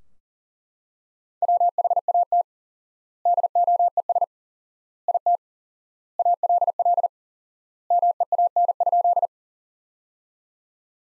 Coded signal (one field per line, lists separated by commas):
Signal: Morse code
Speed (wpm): 40 wpm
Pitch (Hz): 700 Hz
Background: none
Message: WHAT DOES IT ALL MEAN?